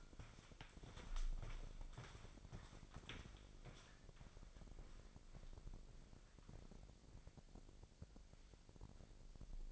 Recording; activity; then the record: daily activity, microphone in the room; walk to room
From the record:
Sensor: 5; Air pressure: 999.5 hPa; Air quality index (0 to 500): 217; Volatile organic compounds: 19 ppm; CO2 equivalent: 2651 ppm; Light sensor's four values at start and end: 33/74/30/29 and 35/81/32/31